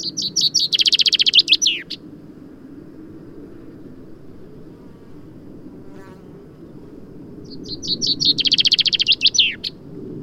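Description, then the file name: Common chaffinch singing two full phrases several seconds apart, each a fast series of high notes speeding into a trill and ending with a falling flourish, over a steady low background hum. "Fringilla coelebs"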